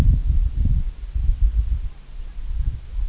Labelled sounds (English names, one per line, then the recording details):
none
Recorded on Arctic tundra, site IGLO-A, on 25 June 2018
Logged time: 01:59